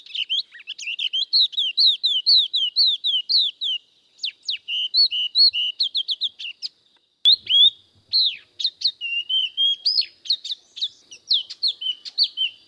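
Spot-throated babbler singing phrases of clear, warbled whistles, repeated in rhythmic bursts with short gaps, notes looping up and down in a rich melodic pattern.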